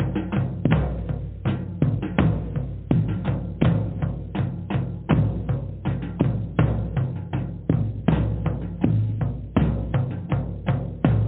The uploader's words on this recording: DRUMMING SOUNDS,VIBRATION FREQUENCIES.